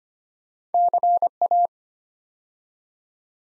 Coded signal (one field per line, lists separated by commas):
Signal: Morse code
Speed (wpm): 25 wpm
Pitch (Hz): 700 Hz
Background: none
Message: CA